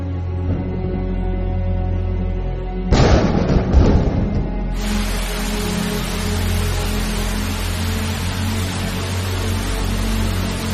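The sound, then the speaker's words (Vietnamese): Steady, dense flooding rain hisses throughout, broken early by a brief louder crashing burst, then continues as a full heavy downpour over a low, sustained hum. “Trời mưa ngập nước thế này, vị sa môn đó chắc đã bị nước lụt nhận chìm.”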